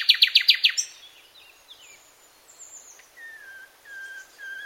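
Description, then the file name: Common nightingale song opens with a quick burst of several loud, sharp repeated notes, then fades into soft, drawn-out whistles and slurred notes. "Luscinia megarhynchos"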